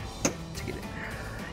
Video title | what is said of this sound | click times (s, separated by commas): 2012-2015 Tacoma Raxiom Axial Series Headlights with Sequential LED Bar Review & Install | You hear the click and we are in. | 0.2 s